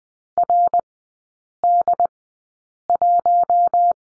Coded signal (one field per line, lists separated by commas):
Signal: Morse code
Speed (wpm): 20 wpm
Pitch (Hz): 700 Hz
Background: none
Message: RD1